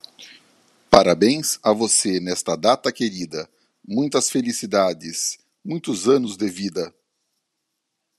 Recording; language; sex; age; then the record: short text; Brazilian Portuguese; male; 50 to 59 years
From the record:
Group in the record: control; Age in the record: 56 years